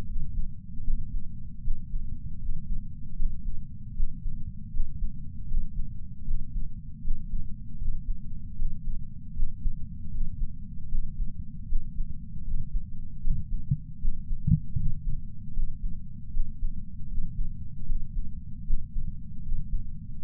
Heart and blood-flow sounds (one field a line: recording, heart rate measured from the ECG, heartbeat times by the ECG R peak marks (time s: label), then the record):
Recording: heart sounds by patch sensor on the chest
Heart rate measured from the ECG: 77 bpm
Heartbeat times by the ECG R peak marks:
0.06 s: heartbeat
0.84 s: heartbeat
1.62 s: heartbeat
2.39 s: heartbeat
3.16 s: heartbeat
3.94 s: heartbeat
4.71 s: heartbeat
5.47 s: heartbeat
6.25 s: heartbeat
7.02 s: heartbeat
7.78 s: heartbeat
8.56 s: heartbeat
9.34 s: heartbeat
10.11 s: heartbeat
10.89 s: heartbeat
11.67 s: heartbeat
12.44 s: heartbeat
13.21 s: heartbeat
13.99 s: heartbeat
14.76 s: heartbeat
15.53 s: heartbeat
16.31 s: heartbeat
17.08 s: heartbeat
17.86 s: heartbeat
18.64 s: heartbeat
19.42 s: heartbeat
20.21 s: heartbeat
From the record:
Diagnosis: coronary artery disease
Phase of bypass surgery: preoperative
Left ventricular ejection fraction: 66.3%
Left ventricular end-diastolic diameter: 44 mm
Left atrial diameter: 34 mm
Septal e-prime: 5.3 cm/s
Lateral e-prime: 9.3 cm/s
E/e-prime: 13.2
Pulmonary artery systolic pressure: 31 mmHg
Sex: male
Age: 76 years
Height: 164 cm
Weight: 75 kg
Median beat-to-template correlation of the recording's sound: 0.83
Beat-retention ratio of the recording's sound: 0.97